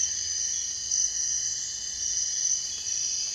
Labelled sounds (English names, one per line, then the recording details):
none
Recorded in dense forest near Puerto Asís, Putumayo, Colombia, on 22 June 2025 at 02:30
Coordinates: 0.468, -76.322
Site GP03